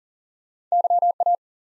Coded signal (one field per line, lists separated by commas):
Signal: Morse code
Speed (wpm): 36 wpm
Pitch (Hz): 700 Hz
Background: none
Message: YA